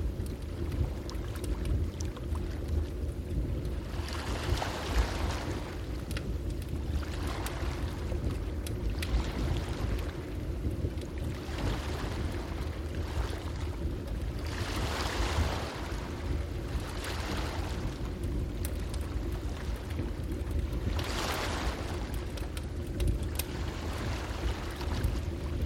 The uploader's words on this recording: The comforting sounds of a warm crackling bonfire and the gentle rhythm of ocean waves. The calming sounds of the ocean waves lapping at the shore.